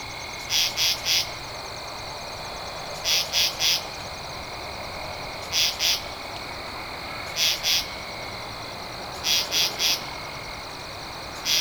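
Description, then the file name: Katydid producing short scratchy bursts of two or three pulses, five sets and the start of another, over a steady high insect drone. Recorded on 2 October 2012. "Katydid-20121002"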